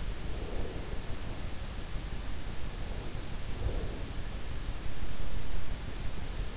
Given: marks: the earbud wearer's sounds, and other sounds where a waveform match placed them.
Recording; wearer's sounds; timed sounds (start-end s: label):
sounds in sleep by an in-ear microphone; breath
0.13-1.43 s: breath
3.24-4.35 s: breath